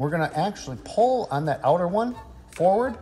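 A radiator grille mesh screen for a 2017–2019 Porsche Panamera is being pulled forward on its outer edge into the front bumper opening, to sit behind the bumper slats. Throughout the clip someone talks, and no distinct click or pop is heard. Nothing has seated or clicked yet; the screen is still being handled.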